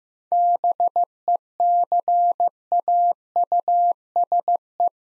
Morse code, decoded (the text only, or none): BECAUSE